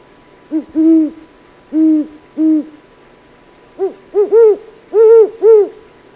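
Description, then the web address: Great horned owl hooting, deep soft hoots in an irregular series, a lower-pitched voice first followed by a higher-pitched voice answering with several hoots. "Peterson North American Birds iso sound ghow"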